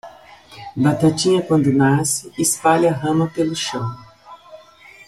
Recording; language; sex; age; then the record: short text; Brazilian Portuguese; female; 40 to 49 years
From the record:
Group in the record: control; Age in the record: 47 years